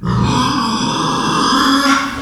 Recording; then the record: squeal of a Yucatan mini pig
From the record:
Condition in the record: after surgery on the right vocal fold (resection and tissue-engineered implant); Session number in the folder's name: 16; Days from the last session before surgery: 183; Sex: female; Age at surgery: 19 weeks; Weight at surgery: 25 kg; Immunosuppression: prednisolone